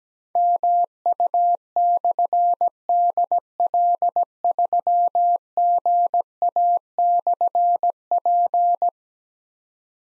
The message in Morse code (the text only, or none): MU/DL3GA/P